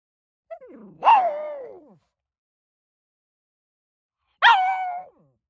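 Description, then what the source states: Pug gives two high, yelping barks about three seconds apart, with a short soft sound just before the first. High-pitched bark.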